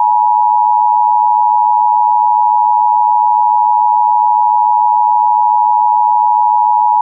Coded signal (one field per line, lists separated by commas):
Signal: Emergency Alert System (SAME) tones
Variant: 853 and 960 Hz attention tone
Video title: Mock EAS Tornado Warning Chicago